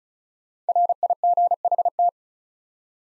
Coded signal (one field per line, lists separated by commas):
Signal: Morse code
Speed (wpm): 45 wpm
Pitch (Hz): 700 Hz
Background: none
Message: RIGHT